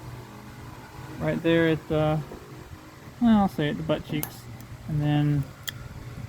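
A steel snap ring for the U-joint cap on a 1994 Mazda B3000/Ford Ranger driveshaft is squeezed with needle-nose vise grips and positioned to be pushed into its groove in the driveshaft yoke. Someone talks over a low steady background hum, with one brief sharp tick near 5.7 s. The ring has not yet clicked or seated in the groove by the end of the clip.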